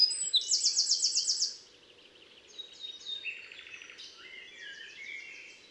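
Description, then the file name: Eurasian wren gives a loud, fast, pulsed trill, followed by fainter, lower twittering and trilling phrases. "Troglodytes troglodytes 301298"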